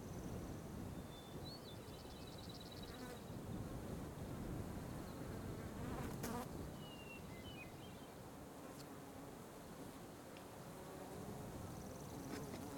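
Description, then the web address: Fly: flies buzzing in a dense low drone throughout, with faint bird chirps above. Loud flies in an ambience with light birds. "Wav Junction Sound Effects - Ambience. Ambience loud flies light birds crickets wind"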